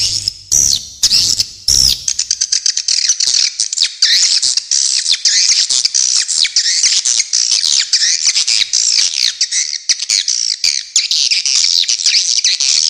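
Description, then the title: Swiftlet chorus of shrill, rapid chirps and trills that keeps going without pause; a low hum is heard briefly in the opening seconds. "Suara Walet"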